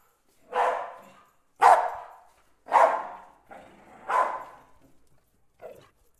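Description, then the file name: Dog barking: loud single barks spaced about one second apart, each clipped and abrupt, with softer final barks after a pause. Two dogs barking. "Perros (Ligeti y Malena) ladrando"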